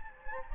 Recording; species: mosquito wingbeat signal from an infrared sensor; Anopheles gambiae